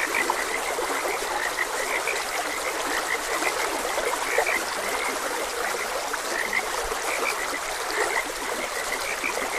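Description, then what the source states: Frog chorus of short croaking notes repeating steadily, set against constant trickling and rushing water. Frogs croaking beside a gentle stream.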